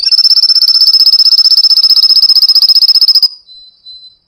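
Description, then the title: Canary song: a loud, fast, steady trill of high buzzy notes lasting about three seconds, ending with a brief softer whistle. Masteran (training) recording of lively, full-phrase canary song for caged birds to learn from. "Masteran Kenari Gacor Full Isian Untuk Lovebird, Murai Batu, Kenari, Cucak Ijo"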